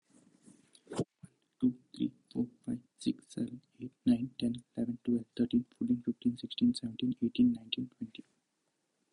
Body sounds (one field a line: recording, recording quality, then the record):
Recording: counting at a fast pace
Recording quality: excellent, no background noise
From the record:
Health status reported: COVID-19 positive, mild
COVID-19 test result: positive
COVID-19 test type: RT-PCR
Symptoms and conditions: cough, cold, sore throat, fever, fatigue, muscle pain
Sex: male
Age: 26 years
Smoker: no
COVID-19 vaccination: both doses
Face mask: not worn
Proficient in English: yes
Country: India